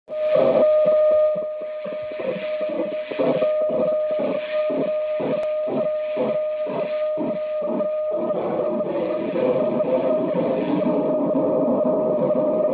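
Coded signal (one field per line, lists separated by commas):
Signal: weather fax (radiofax)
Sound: steady warbling tones pulsing twice a second, then a busier scratchy warble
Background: radio static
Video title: Maritime Weather Fax Transmission from USCG NMF Boston, MA, USA @ 4235 kHz USB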